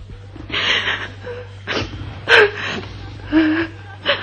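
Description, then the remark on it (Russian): A series of breathy, sobbing gasps and whimpers, several uneven bursts with short pauses between them, with a thin, high-pitched whine in some of the sobs. “Чего ты ровешь? Як не соромно. Треба не хныкать, а дейничать, помогать сябра.”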